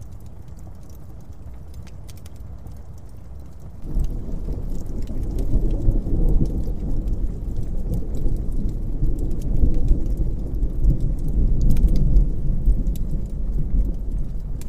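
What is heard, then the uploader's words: Fireplace crackles tick sparsely over a low steady rumble until distant thunder rolls in near four seconds and grumbles on to the end. Nice Fireplace w/ Smooth Thunderstorm & Faint Rain on Window. Cozy Fireplace, Distant Thunder.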